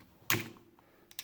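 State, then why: Seated. A part held by a small metal e-clip is worked into the plastic frame of a 2021 Zebco 808 spincast fishing reel during reassembly, with its tab dropping into a small hole in the frame. A sharp click at 0.3 s marks the part seating and locking into that hole, followed by a fading ring and two faint ticks near 1.1 and 1.2 s.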